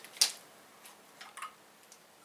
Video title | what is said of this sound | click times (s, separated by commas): WOLFANG GA100 4K Action Camera and Kit | so that portion there click into place then you just squeeze and push and that's how it releases | 0.2 s